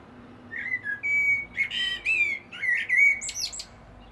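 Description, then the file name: Common blackbird giving a rich, mellow whistled warble of several sliding notes, finishing with a rapid high-pitched squeaky flourish. "Turdus merula"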